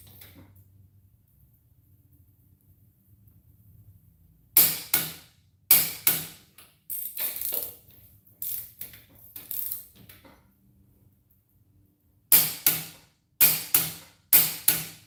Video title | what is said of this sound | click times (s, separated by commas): How to Install Brake Pads and Rotors on Your Car (2024) - Bad Wrench Automotive | Okay, you hear me click it a couple of different times. I'm making sure that it's actually torqued right. | 4.6 s, 12.3 s, 14.3 s